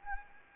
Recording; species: mosquito wingbeat signal from an infrared sensor; Anopheles gambiae